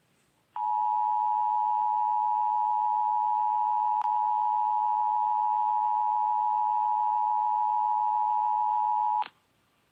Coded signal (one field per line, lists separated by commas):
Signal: Emergency Alert System (SAME) tones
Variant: 853 and 960 Hz attention tone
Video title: 10/4/22 Massachusetts Monthly Test On WBZ-FM EAS #247